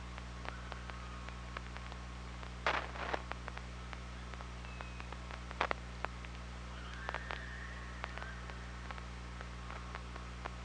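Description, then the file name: Killer whale sounds: loud click bursts early on, then a brief tonal call later, with scattered clicks throughout over a low hum. Recorded underwater by the OrcaLab hydrophone on 24 August 2017, around 07:25. "Orca Lab UTLN JASON 20170824 072548"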